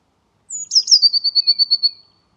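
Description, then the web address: Eurasian blue tit giving thin, very high notes sliding down, then a quick, even trill of bright notes. Background is silent. "cianscape birddata Deverinetal 2025 File origin Bird Only Cy Ca"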